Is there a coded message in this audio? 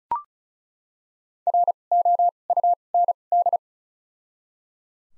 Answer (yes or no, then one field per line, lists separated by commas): yes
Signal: Morse code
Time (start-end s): 1.5-3.6 s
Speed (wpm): 34 wpm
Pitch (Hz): 700 Hz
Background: none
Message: R O U N D